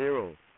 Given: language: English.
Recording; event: throat vibration sensor signal played as sound; speech